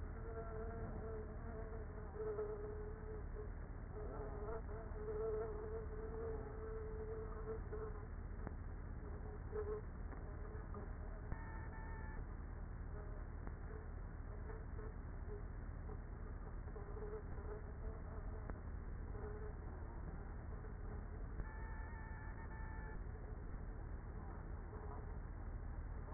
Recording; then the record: honeybee colony, microphone inside the hive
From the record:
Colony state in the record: queenless with a low population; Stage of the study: after two queens were removed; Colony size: about 30,000 bees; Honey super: no